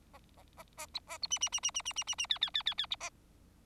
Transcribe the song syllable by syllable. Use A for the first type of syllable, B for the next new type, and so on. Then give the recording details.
A A A A B A B C C C C C C C C C D D D D D B A. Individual Bird4